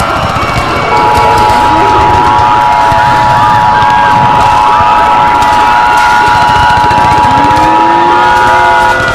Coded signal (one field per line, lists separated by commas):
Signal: Emergency Alert System (SAME) tones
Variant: 853 and 960 Hz attention tone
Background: speech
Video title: EAS Scenario - Red Moon's Revenge (Little Preview)